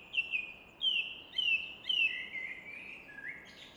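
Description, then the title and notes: Common nightingale song: loud downslurred whistles repeated about every half second, trailing into a buzzy lower phrase, with steady rushing noise beneath. Evening in Fläsch, Switzerland; rushing of the Rhine in the background reflected off a rock face; recorded with Fostex FR2 and MKH 800. "Fläsch, Schweiz - Abendstimmung Nachtigall. Im Hintergrund wird das Rauschen des Rheins von einer Felswand reflektiert"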